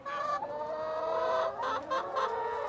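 A large flock of hens in a simple greenhouse of plastic sheeting over bent metal poles, on an urban farm of Growing Power in the USA, clucks and squawks at once in a busy, continuous chorus, with overlapping mid-pitched calls and a few louder bursts rising above the steady flock noise.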